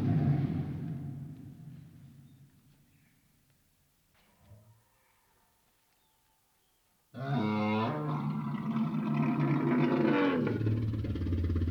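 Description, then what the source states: Lion roar trailing off at the start, a few seconds of near silence with a brief faint low sound, then a sudden loud, rough roar that continues to the end. Lion roaring, first distant and then close.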